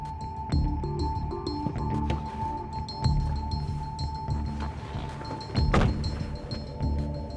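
A heavy, muffled thunk of a car door shutting as a man gets into the passenger seat stands out over a steady low hum, with a few softer knocks and shuffles earlier as he walks around the car. No one speaks.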